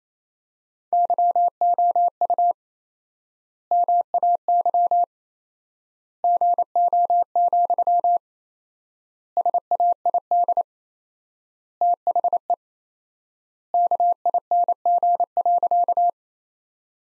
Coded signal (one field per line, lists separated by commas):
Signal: Morse code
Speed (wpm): 28 wpm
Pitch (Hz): 700 Hz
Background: none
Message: YOU MAY GO, SAID THE KING.